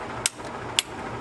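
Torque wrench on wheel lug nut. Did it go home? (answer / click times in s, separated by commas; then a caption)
yes / 0.3 s, 0.8 s. A torque wrench tightens a wheel lug nut on a 2003 Chevy Avalanche to its 100 foot-pound setting. Two sharp, bright clicks ring out at 0.3 s and 0.8 s over a low steady background, confirming the wrench has reached torque.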